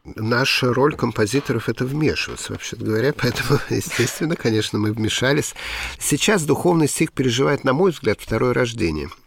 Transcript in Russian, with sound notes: Наша роль, композиторов, это вмешиваться,
вообще-то говоря. (Смеется.) Поэтому,
естественно, конечно, мы вмешались.
Сейчас духовный стих переживает, на мой
взгляд, второе рождение,